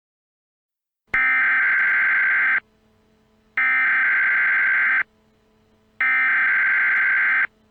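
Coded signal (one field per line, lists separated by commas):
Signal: Emergency Alert System (SAME) tones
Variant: header bursts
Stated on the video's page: EAS contagious disease warning for Logan County, Illinois.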